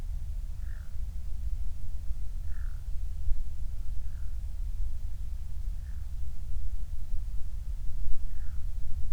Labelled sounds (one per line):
loon